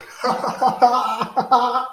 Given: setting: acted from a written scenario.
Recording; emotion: vocal sound without words; elation